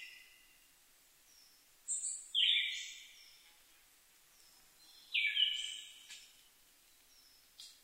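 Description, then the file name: Siberian thrush song: two short phrases about three seconds apart, each a bright whistled note sliding down into a thin, hissy high trill, with faint high chirps of other birds between. Recorded 2 July 2011 at 05:51. "mamijiro-20110702-0551"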